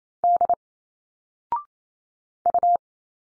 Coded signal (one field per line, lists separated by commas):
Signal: Morse code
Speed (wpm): 27 wpm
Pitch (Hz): 700 Hz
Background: none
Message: D U